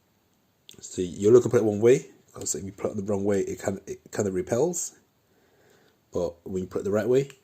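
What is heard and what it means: A magnetic two-prong charging connector is handled near the back of a UHOOFIT P41 smartwatch, to be placed the right way round, since the wrong way it repels. Someone talks throughout, with brief pauses. Nothing has seated or clicked yet.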